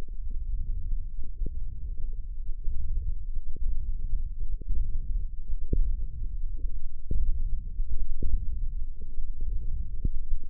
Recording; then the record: forearm muscle sounds (acoustic myography)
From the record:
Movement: hand opening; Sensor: system 1, eight BSWA MPA416 microphones around the upper forearm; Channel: 6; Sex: male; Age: 18 years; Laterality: right